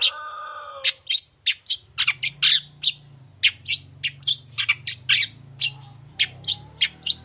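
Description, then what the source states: Long-tailed shrike song: a harsh nasal note, then a fast series of sharp chattering notes, with a low hum in the background. Cendet recorded singing in the morning, in full song, with "toet toet" phrases and full variation in a clear voice.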